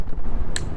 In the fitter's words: the satisfying snap boom